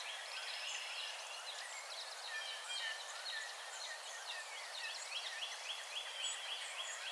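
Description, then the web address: Song sparrow singing, a run of bright chirps and rapid trilled notes, repeated phrases among steady hiss of background noise. Recorded 17 June 2007. "Song Sparrow 2007 06 17 Song Sparrow"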